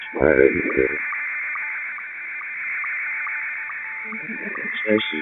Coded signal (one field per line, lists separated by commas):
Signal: SSTV (slow-scan television)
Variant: Scottie 1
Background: speech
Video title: ham ham